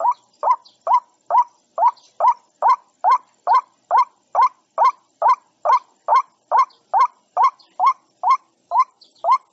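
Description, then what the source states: White-breasted waterhen call, a clean, very regular string of rising nasal notes, a little more than two per second. Calling to the flock.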